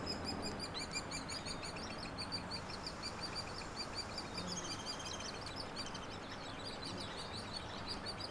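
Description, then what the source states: Hairy woodpecker calls: soft, irregular high buzzy notes scattered throughout, against a noticeable low background rumble. Nestlings and adults; no-name trail across from Frazer Point, Schoodic division, Acadia National Park; 26 June 2017, morning; Fostex FR2 with Sennheiser ME64; trimmed, leveled, high-pass filtered.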